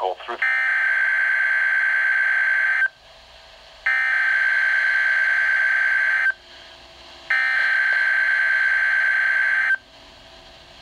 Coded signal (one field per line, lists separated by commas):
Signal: Emergency Alert System (SAME) tones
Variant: header bursts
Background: speech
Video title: NOAA Weather Radio: Severe Thunderstorm Watch